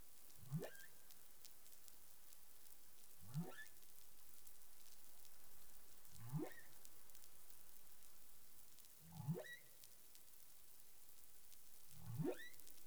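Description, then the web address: Humpback whale calls, rising sweeps from low to high pitch, repeated roughly every three seconds, five in all, over steady low underwater noise. Recorded in the Caribbean on 20 April 2021 at 03:44 UTC. "humpback whale 20210420 034442 UTC"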